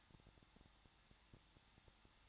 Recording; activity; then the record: daily activity, microphone in the room; no activity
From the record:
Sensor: 3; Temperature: 21.2 degrees Celsius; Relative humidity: 36.4%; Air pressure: 1006.3 hPa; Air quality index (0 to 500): 222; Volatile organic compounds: 42 ppm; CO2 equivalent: 3175 ppm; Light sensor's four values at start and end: 2/3/2/2 and 2/3/2/2